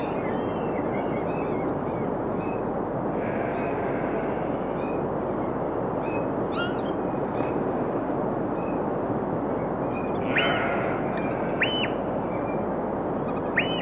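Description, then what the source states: Birds calling with scattered short chirps, then a few sharp arched calls near the end, over a constant rushing background roar. Birds calling on a rocky shoreline.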